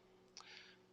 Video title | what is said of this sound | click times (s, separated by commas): Neewer ND2-ND32 variable ND filter for PENTAX DA* 16-50 F/2.8 PLM. IS IT GOOD? | and it actually locks | 0.4 s